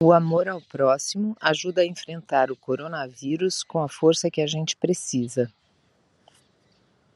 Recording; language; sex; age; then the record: spoken sentence; Brazilian Portuguese; female; 50 to 59 years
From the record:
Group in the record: control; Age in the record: 53 years